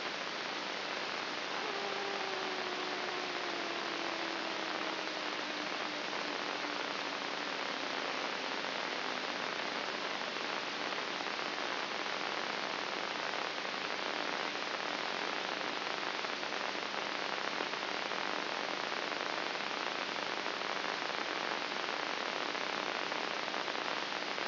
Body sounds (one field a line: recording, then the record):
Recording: brain microelectrode recording played as sound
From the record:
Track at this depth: inside the subthalamic nucleus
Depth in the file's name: 5.04 mm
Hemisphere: right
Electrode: 3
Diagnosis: Parkinson's disease